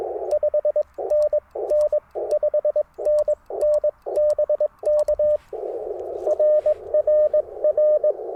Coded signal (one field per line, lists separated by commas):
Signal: Morse code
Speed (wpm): 20 wpm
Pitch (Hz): 600 Hz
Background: none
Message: 5NN 5NN BK RRR